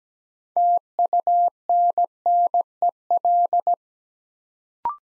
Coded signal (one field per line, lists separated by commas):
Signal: Morse code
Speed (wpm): 17 wpm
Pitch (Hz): 700 Hz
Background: none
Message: TUNNEL